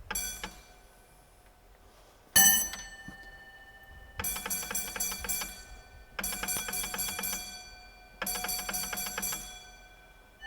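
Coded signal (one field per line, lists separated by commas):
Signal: bell signal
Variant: railway block bell code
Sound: one bell stroke, then three separate groups of rapid bell strokes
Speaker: So, five, five, five on this one, call attention first. Always call attention.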